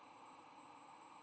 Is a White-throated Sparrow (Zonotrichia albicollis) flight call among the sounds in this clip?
no